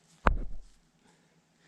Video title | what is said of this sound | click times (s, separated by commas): 2007 Pontiac G6 2.4L Ecotec ZZ performance Fuel Rail with Bosch Injectors assembling | Wow, that just popped right into place. | 0.3 s